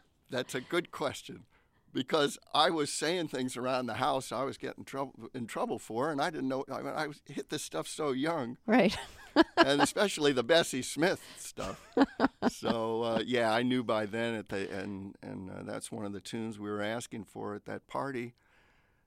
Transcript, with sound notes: That's a good question because I was saying things around the house I was getting in trouble for, and I didn't know - I hit this stuff so young...
Right (laughter).
...And especially the Bessie Smith stuff. So, yeah, I knew by then. And that's one of the tunes we were asking for at that party.